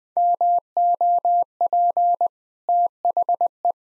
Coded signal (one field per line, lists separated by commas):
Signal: Morse code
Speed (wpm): 20 wpm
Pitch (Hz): 700 Hz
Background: none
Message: MOP THE